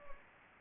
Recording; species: mosquito wingbeat signal from an infrared sensor; Anopheles gambiae